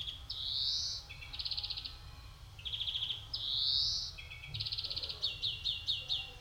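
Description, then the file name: European greenfinch giving rising wheezes and rapid trills in turn, ending with a run of sharp downslurred chips, over a soft low rumble. "Chloris chloris"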